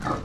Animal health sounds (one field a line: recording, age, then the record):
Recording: pig call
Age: growing-finishing pig (85 days or more)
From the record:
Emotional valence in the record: positive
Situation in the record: run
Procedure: transit